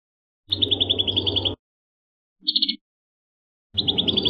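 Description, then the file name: Prinia song, high buzzy pulsed trills of about a second each, separated by a short chirp burst, with a rough low rattle beneath each phrase. "suara burung perenjak kamboja. omkicau"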